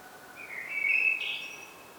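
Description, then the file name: Common blackbird giving a short fluted phrase that rises slightly, then breaks into a brief high squeaky flourish at the end. "Turdus merula"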